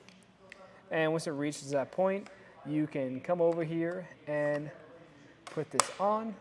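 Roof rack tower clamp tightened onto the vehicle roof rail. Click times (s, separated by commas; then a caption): 0.1 s, 0.2 s, 0.5 s. A Thule WingBar Evo roof rack tower clamp bolt on a 2016 Volvo XC90 is tightened with a rounded-edge Allen key onto the vehicle's roof rail. Sharp clicks sound at 0.1, 0.2 and 0.5 seconds, showing the clamp is fully tightened. Someone then talks.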